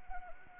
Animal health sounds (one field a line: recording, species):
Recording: mosquito wingbeat signal from an infrared sensor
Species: Anopheles arabiensis